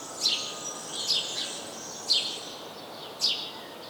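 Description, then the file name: House sparrow calling with short, bright chirps, four main notes at irregular spacing, fainter chirps in between, over a low steady hiss. "Passer domesticus"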